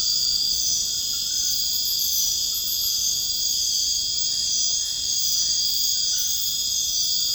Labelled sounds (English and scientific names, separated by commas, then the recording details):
none
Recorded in dense forest near Puerto Asís, Putumayo, Colombia, on 19 February 2024 at 01:00
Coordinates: 0.485, -76.325
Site G6429